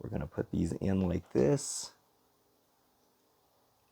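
Someone talks while lining up barbed LED pieces in the plastic light holder of a Fanhome R2-D2 model robot, getting them positioned before pushing them home. The speech ends with a short breathy hiss around 1.9 seconds, followed by near silence. Nothing has clicked or seated yet.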